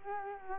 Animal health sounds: mosquito wingbeat signal from an infrared sensor; Culex quinquefasciatus

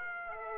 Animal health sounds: mosquito wingbeat signal from an infrared sensor; Aedes aegypti

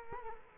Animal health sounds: mosquito wingbeat signal from an infrared sensor; Culex quinquefasciatus

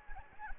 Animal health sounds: mosquito wingbeat signal from an infrared sensor; Anopheles gambiae

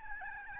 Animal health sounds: mosquito wingbeat signal from an infrared sensor; Aedes albopictus

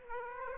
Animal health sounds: mosquito wingbeat signal from an infrared sensor; Aedes aegypti

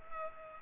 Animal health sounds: mosquito wingbeat signal from an infrared sensor; Culex pipiens

